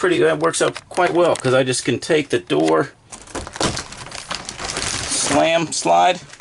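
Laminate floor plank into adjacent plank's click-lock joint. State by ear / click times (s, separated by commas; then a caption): not seated / none. A laminate floor plank is slid into the locking edge of the neighbouring plank. Someone talks over the first three seconds, then scraping and sharp knocks follow around 3.6 to 4.8 seconds as the plank is handled. Nothing has seated or clicked yet.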